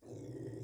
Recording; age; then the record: pig call; weaner (32 to 43 days)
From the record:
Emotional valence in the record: negative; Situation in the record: restrain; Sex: male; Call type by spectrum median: low-frequency call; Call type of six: low-frequency stable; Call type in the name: low-frequency stable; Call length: 0.64 s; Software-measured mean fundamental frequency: 57 Hz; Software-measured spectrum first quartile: 140 Hz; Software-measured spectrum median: 289 Hz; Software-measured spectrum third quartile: 445 Hz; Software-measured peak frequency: 317 Hz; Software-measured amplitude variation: 151 dB a second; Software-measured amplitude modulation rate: 26.6 a second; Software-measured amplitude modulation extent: 5.7 dB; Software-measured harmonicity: 0.2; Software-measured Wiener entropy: 0.61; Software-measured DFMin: 1146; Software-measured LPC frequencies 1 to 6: 377, 1908, 3454, 5181, 5765, 6446 Hz